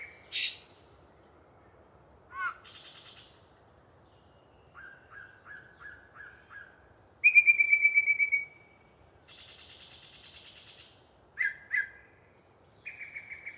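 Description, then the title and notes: Yellow-breasted chat singing a varied sequence: a harsh note, a buzzy rattle, five low whistles, a rapid chattering run, another buzz, two sharp calls and a short trill. Long pre-dawn song by one very chatty bird in deciduous cover near the microphones. "A Very Chatty Yellow-breasted Chat. A particularly chatty Yellow-breasted Chat provides us a long pre-Dawn soliloquy while hanging out in some deciduous coverage"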